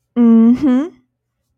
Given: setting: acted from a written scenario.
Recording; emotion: vocal sound without words; pride